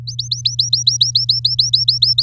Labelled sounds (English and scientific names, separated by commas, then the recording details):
Domestic Canary (Serinus canaria) song
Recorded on 7 May 2018 at 17:14
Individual llb16